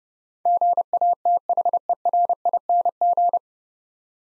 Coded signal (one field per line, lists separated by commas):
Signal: Morse code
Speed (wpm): 30 wpm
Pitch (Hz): 700 Hz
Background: none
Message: GATHERING